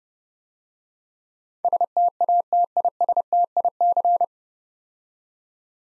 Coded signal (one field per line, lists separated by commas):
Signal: Morse code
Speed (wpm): 30 wpm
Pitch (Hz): 700 Hz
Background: none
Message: STATISTIC